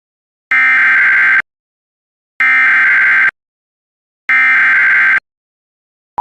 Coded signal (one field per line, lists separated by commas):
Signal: Emergency Alert System (SAME) tones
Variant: header bursts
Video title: EAS #715 Immediate Evacuation